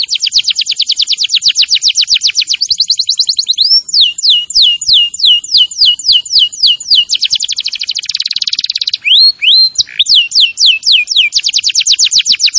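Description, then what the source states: Canary song, long and continuous: rapid trilled runs alternating with slower sweeping whistled notes and buzzy rattles, changing tour every few seconds. Singing in the lively 'gacor' style.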